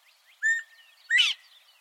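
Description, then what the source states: Northern Bobwhite whistling its two-part call, a brief level note and then a strong upslurred whistle, over soft background chirping. Call said to be unmistakable and the source of the bird's name; recorded in Texas.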